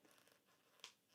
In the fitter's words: there we go when you hear a snap it's in place i guess and that's going to hold it on there